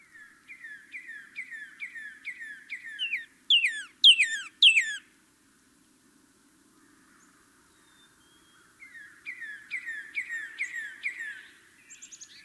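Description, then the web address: Northern cardinal song: a steady series of rising slurred whistles, three loud sweeping down-slurred notes, a silent pause, then the rising whistled series again. North America. "Songs of Birds of North America Know Your Bird Sounds Common Western Species. Northern Cardinal"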